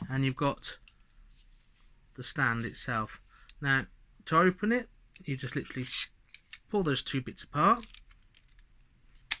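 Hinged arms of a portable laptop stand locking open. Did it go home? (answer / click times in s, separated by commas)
yes / 9.3 s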